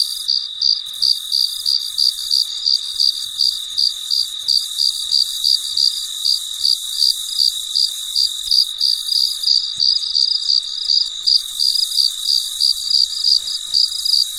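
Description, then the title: Cricket chirps pulsing rapidly and evenly, roughly three a second, over a constant shrill background drone of other insects. Recorded late at night, described as very quiet. "深夜录制蟋蟀昆虫声"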